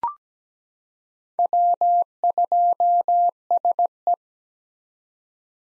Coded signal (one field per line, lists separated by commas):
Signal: Morse code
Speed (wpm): 17 wpm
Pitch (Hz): 700 Hz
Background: none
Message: W2SE